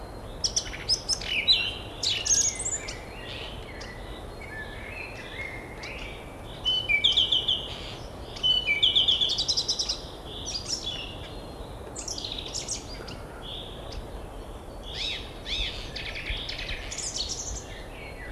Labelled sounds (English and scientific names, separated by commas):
Song Thrush (Turdus philomelos) song